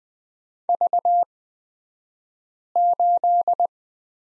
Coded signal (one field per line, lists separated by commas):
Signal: Morse code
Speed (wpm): 20 wpm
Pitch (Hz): 700 Hz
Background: none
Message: V8